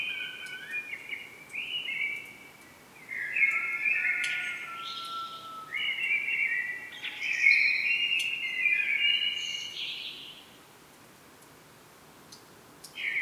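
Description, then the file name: Common blackbird singing a run of fluty, warbling phrases with scratchy higher notes mixed in, then a quiet stretch before a new phrase starts. "Turdus merula"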